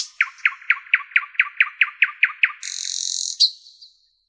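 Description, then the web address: Common nightingale song: a rapid run of about a dozen identical down-slurred notes, then a loud buzzy rattle and a fading high note. "soorten sounds N Nightingale"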